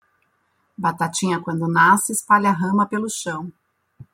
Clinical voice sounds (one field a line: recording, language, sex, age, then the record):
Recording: short text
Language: Brazilian Portuguese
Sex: female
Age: 50 to 59 years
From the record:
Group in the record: control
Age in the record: 51 years